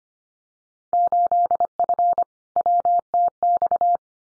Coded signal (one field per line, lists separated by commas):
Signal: Morse code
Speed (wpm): 25 wpm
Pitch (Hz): 700 Hz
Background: none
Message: 8F WTX